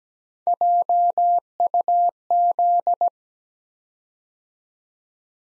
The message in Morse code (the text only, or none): JUZ